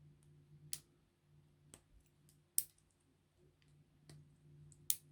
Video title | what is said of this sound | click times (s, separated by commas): LEGO Super Mario Guarded Fortress Expansion Set 71362 | very satisfying click sounds those do | 0.7 s, 2.6 s, 4.9 s